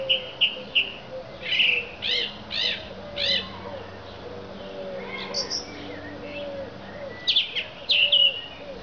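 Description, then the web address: Song Thrush song: varied whistled and rasping phrases, several repeated two or three times. "Zingende lijster"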